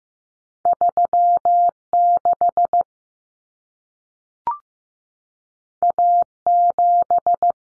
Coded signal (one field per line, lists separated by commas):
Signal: Morse code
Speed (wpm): 15 wpm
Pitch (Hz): 700 Hz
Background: none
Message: 36 A7